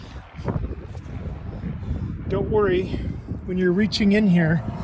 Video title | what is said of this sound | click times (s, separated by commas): Axis A24 Rental Instructions SD 480p | through the same hole lift up and it'll click into place | 0.5 s